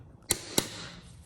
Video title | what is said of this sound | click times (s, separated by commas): Tesla Model 3 RED Brake Calipers - Aircraft Aluminum - Evannex | And then just once you hear the click, it's torque to specification. | 0.3 s, 0.6 s